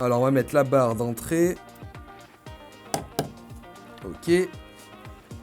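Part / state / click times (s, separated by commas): key stabilizer into keyboard PCB / not seated / none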